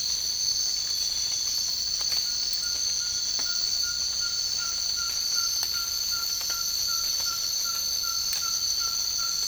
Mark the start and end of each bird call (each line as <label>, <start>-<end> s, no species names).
bird call, 2.21-9.47 s